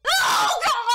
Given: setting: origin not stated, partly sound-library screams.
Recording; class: one-second piece from a danger detection set; woman in danger